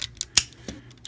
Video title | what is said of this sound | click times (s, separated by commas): Transformers Masterpiece: MP-27 IRONHIDE | just like that see it locks it in | 0.4 s